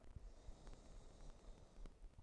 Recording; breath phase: one breath near a microphone; inhalation